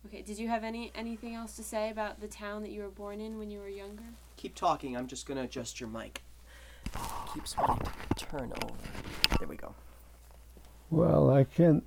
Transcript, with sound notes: Did you have any, anything else to say about the town that you were born in when you were younger?
Keep talking. I'm just going to adjust your mike. [Microphone disturbance] It keeps wanting to turn over. There we go.
Well, I can't,